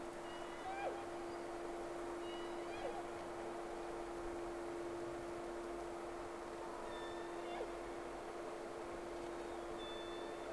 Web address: Sea Snake 10-3-06 Whales X 2 11-30 Round 1